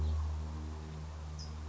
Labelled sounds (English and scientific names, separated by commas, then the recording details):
California Towhee (Melozone crissalis)
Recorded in Sonoma County, California